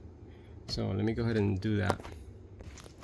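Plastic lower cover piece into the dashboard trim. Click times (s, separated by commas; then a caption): 2.6 s, 2.8 s, 2.9 s. Someone talks, then a plastic lower cover piece under the dash is brought up from the bottom and snapped into the dashboard trim. Sharp snaps are heard at about 2.6, 2.8 and 2.9 seconds, and the piece is seated in place.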